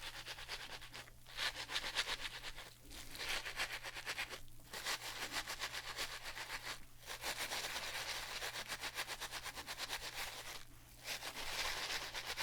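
Hair is brushed in quick, regular strokes that make a dense, bright scratching rasp. The brushing runs in bursts separated by brief pauses roughly every two or three seconds, over a steady low hum in the background.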